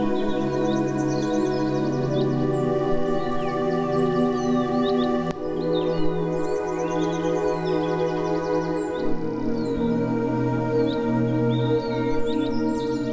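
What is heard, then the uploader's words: Birds chirp and twitter throughout, their quick bright calls scattered high above a steady, ringing low drone that hums on without pause. A brief click lands near the five-second mark, and the lower tones shift slightly after about nine seconds. The Birds are Happy Today.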